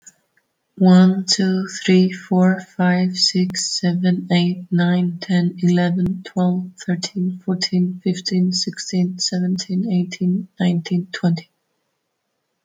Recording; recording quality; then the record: counting at a normal pace; excellent, no background noise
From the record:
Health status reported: healthy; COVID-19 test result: negative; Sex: female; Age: 35 years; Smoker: yes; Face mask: not worn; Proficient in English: yes